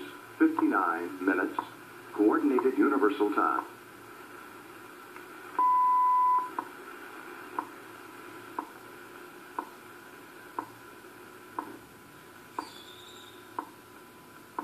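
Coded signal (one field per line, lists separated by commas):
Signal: radio time signal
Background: speech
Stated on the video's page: WWV on 25 MHz received on a Yaesu FRG-100 in Nuevo León, Mexico, at 15:00 UTC.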